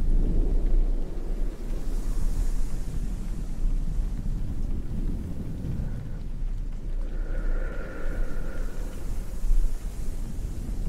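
Soft brushing strokes rub steadily against the microphone, making a dense, low rumbling texture that swells and eases in slow waves throughout. Around the eighth second a faint, thin tone hovers briefly above the muffled scratching.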